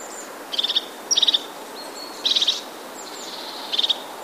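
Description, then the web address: Crested tit calls: four short bursts of rapid high trilled notes, each about a quarter second long, spaced irregularly over a few seconds, with faint background hiss. "wroblowe ptaki czubatki"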